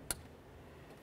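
A wiring harness electrical connector is lined up and slid into the bottom of the door lock actuator on a 2001-2005 Ford Explorer Sport Trac. A sharp click at 0.1 s confirms the connector has seated, and a fainter sound follows at 1.1 s.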